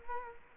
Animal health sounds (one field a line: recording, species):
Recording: mosquito wingbeat signal from an infrared sensor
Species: Culex quinquefasciatus